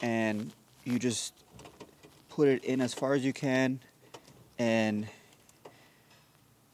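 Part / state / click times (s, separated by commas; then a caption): turn signal bulb socket into headlight housing / not seated / none. Someone talks while a front turn signal bulb socket on a 2017 Volkswagen Tiguan is pushed as far as it will go into the back of the headlight housing and its tabs are lined up, ready to be twisted clockwise. A few faint, brief handling ticks come at about 1.6, 1.8, 5.5 and 5.7 seconds. Nothing has clicked or seated yet.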